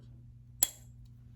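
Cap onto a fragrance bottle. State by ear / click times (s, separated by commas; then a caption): seated / 0.6 s. A cap is pushed onto a cologne/fragrance bottle and clicks into place with a single sharp, bright click at 0.6 seconds, over a low steady hum. The click is strong and the cap is seated firmly on the bottle.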